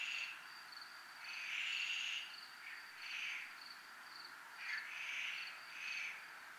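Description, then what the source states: Crickets chirping in a steady high pulsed band, with louder buzzy bursts swelling and fading roughly every second or two throughout. Crickets recorded at a zona militar (military zone).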